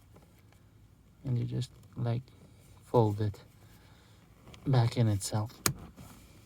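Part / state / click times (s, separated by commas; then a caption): add-on armrest folding into its own mount in a car / not seated / none. An add-on armrest in a Dacia Spring is folded back on itself into its own mount while someone talks, with faint handling noises near the start and a brief sharp sound near 5.6 seconds. The armrest has not yet clicked or seated into position.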